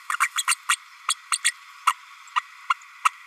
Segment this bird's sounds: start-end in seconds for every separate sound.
0.09-0.16, 0.20-0.28, 0.36-0.43, 0.47-0.55, 0.68-0.76, 1.08-1.15, 1.31-1.38, 1.44-1.51, 1.86-1.94, 2.35-2.42, 2.70-2.73, 3.04-3.10